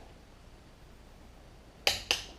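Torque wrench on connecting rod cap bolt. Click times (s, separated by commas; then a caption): 1.9 s. A click-type torque wrench set to 45 ft-lb is pulled on a connecting rod cap bolt during a small block Chevy piston installation, with only a low steady background at first. The wrench clicks sharply at 1.9 s, showing the bolt has reached the 45 ft-lb setting, and a second sharp click-like sound follows at 2.1 s.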